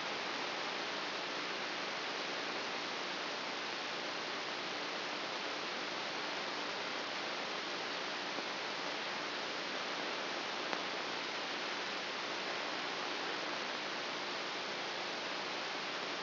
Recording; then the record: brain microelectrode recording played as sound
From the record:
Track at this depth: outside the subthalamic nucleus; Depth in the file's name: 5.002 mm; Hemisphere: left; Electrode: 2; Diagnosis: Parkinson's disease